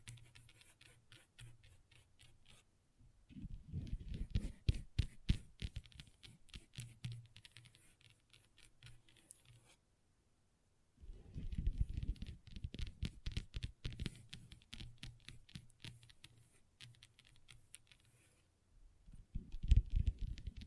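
Long nails tap and scratch on a table in dense bursts of quick, crisp clicks with a soft rustling scrape beneath. The activity comes in stretches, starting around 3 and 11 seconds, separated by near silence and a faint low hum, then resuming at the end.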